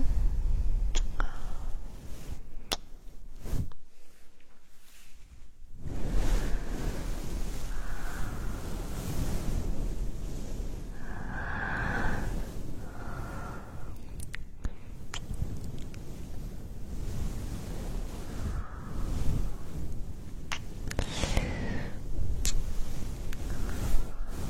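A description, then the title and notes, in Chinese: Ear massage: soft rubbing and brushing noises, a steady muffled rustle with sharp scratchy taps scattered throughout and a brief hush near five seconds. 按摩耳朵刺激大脑。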